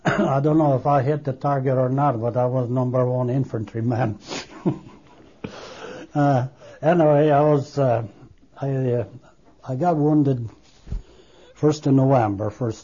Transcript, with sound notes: I don't know if I hit the target or not, but I was number one infantry man. (he laughs) Anyway, I was, I got wounded first in November, first time.